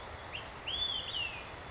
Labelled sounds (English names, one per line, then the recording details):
Olive-sided Flycatcher
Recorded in Sonoma County, California